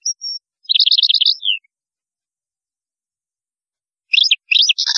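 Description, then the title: European goldfinch song: two high thin notes, then a quick twittering trill ending in a slurred note; a further buzzy twittering burst follows after a pause. "Chant Chardonneret"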